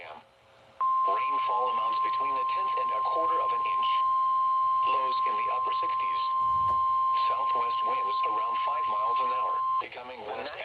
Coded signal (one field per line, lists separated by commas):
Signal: Emergency Alert System (SAME) tones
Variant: 1050 Hz attention tone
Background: speech